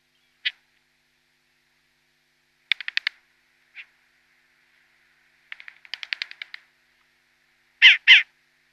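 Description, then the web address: Short-eared owl young giving scattered harsh notes, stuttering rattled series, and a final pair of loud rasping bursts. Downy young. "Schulze Peter Short-eared Owl"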